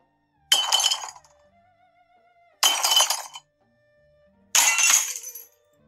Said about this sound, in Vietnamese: Vô số những tiếng bình trà bị ném xuống đất.